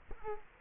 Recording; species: mosquito wingbeat signal from an infrared sensor; Culex quinquefasciatus